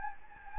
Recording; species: mosquito wingbeat signal from an infrared sensor; Anopheles gambiae